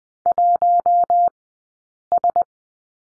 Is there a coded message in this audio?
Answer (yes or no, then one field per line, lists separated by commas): yes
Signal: Morse code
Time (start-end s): 0.3-2.4 s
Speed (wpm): 20 wpm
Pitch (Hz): 700 Hz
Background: none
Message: 1S